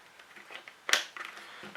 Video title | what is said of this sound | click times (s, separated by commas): EMPIRE EVS REVIEW - HUGE LENS - BEST MASK EVER? | You just heard that snap, right? | 0.9 s